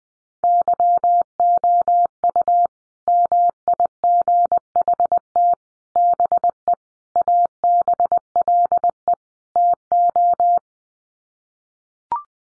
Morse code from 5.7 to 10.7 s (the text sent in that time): BE ABLE TO